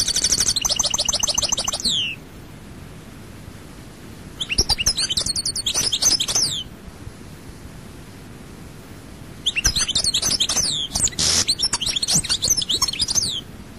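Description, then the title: European goldfinch song, bursts of fast liquid twittering and tinkling trills, three long phrases separated by pauses. "Chant Chardonneret"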